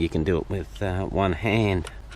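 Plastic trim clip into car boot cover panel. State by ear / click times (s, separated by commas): not seated / none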